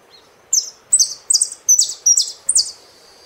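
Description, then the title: Saffron finch song of six loud, clipped, high chirped phrases delivered a little faster than one every half second. "Jilguero Argentino"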